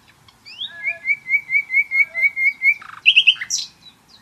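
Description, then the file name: Common nightingale song: a sweet whistle rises into a series of clear, evenly repeated whistled notes, then ends in a quick, harsh burst of notes. "Luscinia megarhynchos"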